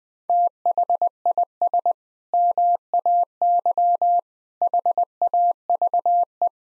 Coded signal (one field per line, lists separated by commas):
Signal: Morse code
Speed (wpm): 20 wpm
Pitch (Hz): 700 Hz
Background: none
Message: THIS MAY HAVE